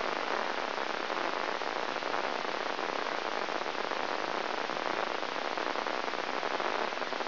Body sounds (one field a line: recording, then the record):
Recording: brain microelectrode recording played as sound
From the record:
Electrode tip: inside the subthalamic nucleus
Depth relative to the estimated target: -1.5 mm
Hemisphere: left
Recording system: AlphaMap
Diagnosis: Parkinson's disease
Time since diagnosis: 20 years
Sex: female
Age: 65 years